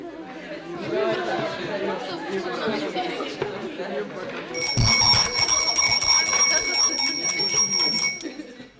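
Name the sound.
clock chiming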